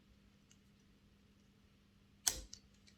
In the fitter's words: snaps in place right on springs and brushes